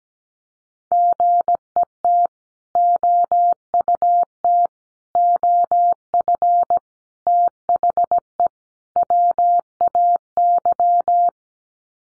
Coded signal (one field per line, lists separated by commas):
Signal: Morse code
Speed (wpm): 17 wpm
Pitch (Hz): 700 Hz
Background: none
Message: GET OUT OF THE WAY